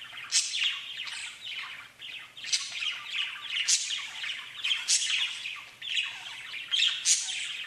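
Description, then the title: Budgerigars chattering nonstop in a busy scratchy warble, shrill squawks punching through every second or two. "Budgie Sounds"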